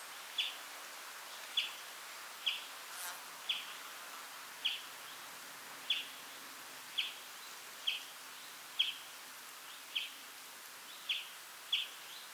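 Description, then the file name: European greenfinch calls, single bright chirps repeated roughly every second, with a brief click early on. "Chloris chloris 190325"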